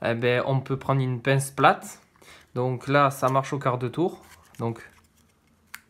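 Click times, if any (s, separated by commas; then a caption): 5.8 s. Someone talks while giving a quarter turn to the plastic quarter-turn clip holding the dashboard tweeter grille of a 207, on a bench, then falls quiet. After two faint ticks, the clip releases from the speaker housing and pops free with a sharp click at 5.8 s.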